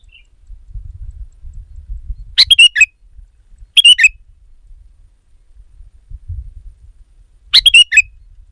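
Sooty-headed bulbul giving brief chattering phrases of quick liquid notes, three bursts spaced seconds apart, with soft low background hum.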